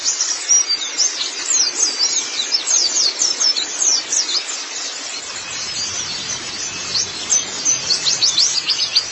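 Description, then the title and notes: White-eye song: dense, very high, rapid twittering of quick downslurred notes, continuous throughout with a steady hiss beneath. Long-duration recording of the chirping song. "Kicauan Burung Pleci Durasi Panjang. Suara kicauan burung pleci"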